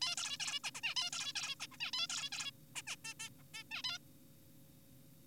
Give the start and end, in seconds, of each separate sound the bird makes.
0.02-0.16, 0.18-0.38, 0.40-0.60, 0.64-0.71, 0.75-0.81, 0.84-0.94, 0.96-1.10, 1.13-1.33, 1.36-1.55, 1.60-1.67, 1.72-1.77, 1.80-1.91, 1.94-2.07, 2.10-2.30, 2.32-2.51, 2.76-2.82, 2.87-2.96, 3.05-3.14, 3.20-3.29, 3.39-3.44, 3.54-3.64, 3.71-3.82, 3.84-3.98